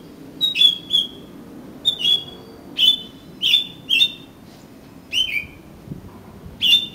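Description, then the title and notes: Oriental magpie-robin repeating a clear, level whistled phrase, each note sweet and slightly descending. "suara kacer. kumpulan suara burung kacer"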